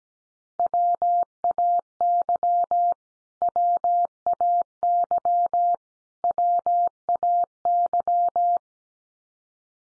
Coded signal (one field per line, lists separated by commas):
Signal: Morse code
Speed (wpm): 17 wpm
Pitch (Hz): 700 Hz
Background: none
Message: WAY WAY WAY